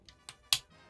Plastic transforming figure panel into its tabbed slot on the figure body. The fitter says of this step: pull this down until it snaps